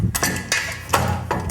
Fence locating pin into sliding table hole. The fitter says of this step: and locks in place